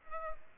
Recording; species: mosquito wingbeat signal from an infrared sensor; Culex pipiens